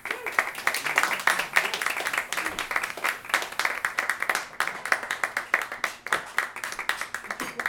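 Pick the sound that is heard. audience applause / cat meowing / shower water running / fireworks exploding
audience applause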